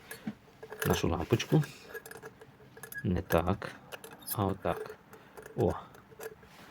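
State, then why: Not seated. A halogen fog lamp bulb is handled at the fog lamp housing of an Opel Vivaro whose fog lamp does not light, first inserted the wrong way and then turned to the correct orientation. Someone talks while small clinks and taps of the bulb against the housing are heard. Nothing has seated or clicked yet.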